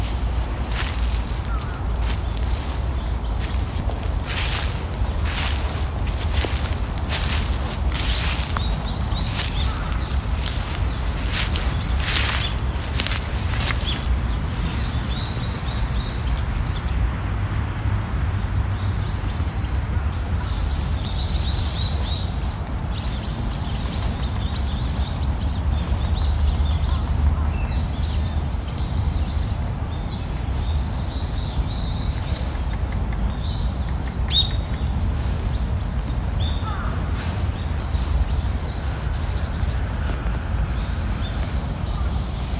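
A morning park scene with a steady rush of flowing water filling the low end throughout, like a stream or small waterfall. Small birds chirp and twitter intermittently above it, and a burst of crisp crackling clicks, like footsteps in dry leaves, comes in the first fifteen seconds.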